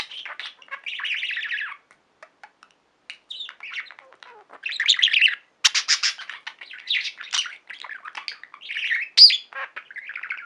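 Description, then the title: Budgerigar chatter: scattered clicks and soft chirps alternating with louder buzzy warbling bursts and rasping notes throughout. "Budgie Sounds"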